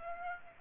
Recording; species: mosquito wingbeat signal from an infrared sensor; Aedes aegypti